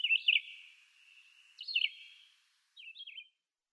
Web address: Schulze Peter Red-eyed Vireo song